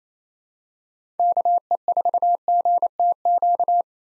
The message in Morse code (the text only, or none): KE4GTQ